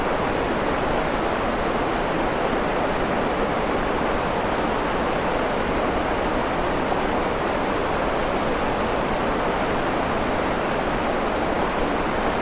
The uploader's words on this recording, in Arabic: شلال في منطقة صافية بالغابة. توجه إلى قلب منطقة صافية مخفية في منتصف ويلز، حيث تشكل الشلالات المتدفقة جوًا مهدئًا. يكمل تغريد الطيور من بعيد هذه السيمفونية الطبيعية.